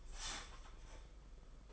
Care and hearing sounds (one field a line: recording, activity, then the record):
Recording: daily activity, microphone in the room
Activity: start toaster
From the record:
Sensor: 5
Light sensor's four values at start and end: 33/110/41/44 and 33/110/41/44